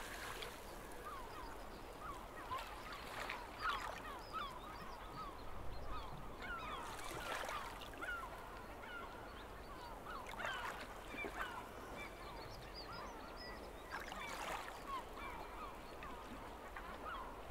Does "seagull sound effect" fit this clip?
yes